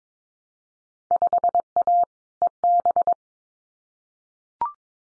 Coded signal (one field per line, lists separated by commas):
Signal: Morse code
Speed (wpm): 22 wpm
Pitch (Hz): 700 Hz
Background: none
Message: 5A EB